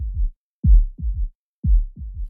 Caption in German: Der sogenannte Galopprhythmus. Das ist ein Herzton, der nur dann auftritt, wenn das Herz wirklich unter Stress steht. Und das können wir im Ultraschall nicht erfassen, sondern das hören wir tatsächlich nur mit unseren Ohren.